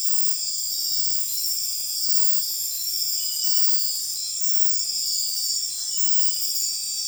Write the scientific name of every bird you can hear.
none